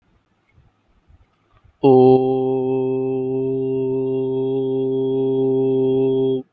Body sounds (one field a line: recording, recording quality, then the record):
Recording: sustained vowel as in boot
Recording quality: moderate, slight background noise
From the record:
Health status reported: healthy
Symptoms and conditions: none ticked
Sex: male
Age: 22 years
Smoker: not ticked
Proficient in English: yes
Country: India